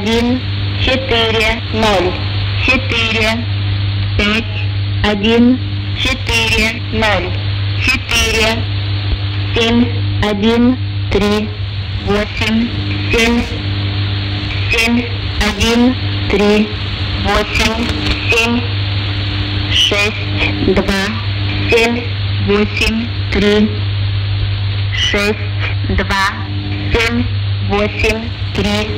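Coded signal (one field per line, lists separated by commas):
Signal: numbers station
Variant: S06s, Russian lady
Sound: a woman's voice reading short, evenly spaced words over a steady low hum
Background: radio static, mains hum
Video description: Estación de números en la banda de #radioaficionados de 20 metros. QRG = 14280 kHz. A3E (AM). Estación denominadoa "S06s" o también "Russian lady" por el grupo Enigma 2000.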